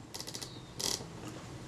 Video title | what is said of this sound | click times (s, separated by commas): A Retina IIa camera with multiple introduced problems, part 02 | rotate this clockwise until everything clicks into place | 0.9 s